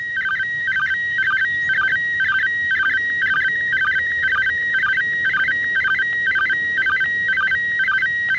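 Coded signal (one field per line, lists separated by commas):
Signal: SSTV (slow-scan television)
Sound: warbling tone stepping between pitches, repeating in a steady rhythm about twice a second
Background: radio static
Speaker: signal here for another 30 seconds. All right, there it is.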